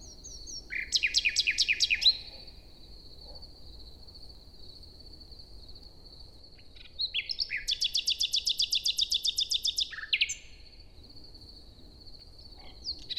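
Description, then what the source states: Common nightingale song: two phrases of fast repeated notes, with short scattered notes between them. Singing a kind of morning song inside a forest near Hoscheid, Luxembourg, early on a summer morning at sunrise after a wet night.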